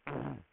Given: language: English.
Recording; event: throat vibration sensor signal played as sound; throat clearing